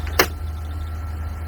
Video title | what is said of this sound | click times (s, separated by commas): aaj Ham aapko Philip ipap bipap machine ka upyog karke dikhayenge oxygen machine | दोनों को बराबर रख के पुश करेंगे तो ये लॉक हो जाएगा। | 0.2 s